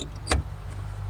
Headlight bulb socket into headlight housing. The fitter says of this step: you're gonna hear it lock itself in and then i'm gonna go ahead and put that plastic cover back on